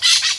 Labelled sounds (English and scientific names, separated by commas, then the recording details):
Brown-throated Parakeet (Eupsittula pertinax) contact call
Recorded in Venezuela
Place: Guárico; Corozopando; Fundo La Fe
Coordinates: 8.506, -67.593